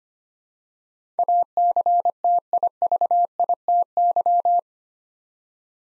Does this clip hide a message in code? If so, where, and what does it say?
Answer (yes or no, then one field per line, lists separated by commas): yes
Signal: Morse code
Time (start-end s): 1.2-4.6 s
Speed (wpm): 25 wpm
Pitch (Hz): 700 Hz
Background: none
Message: ACTIVITY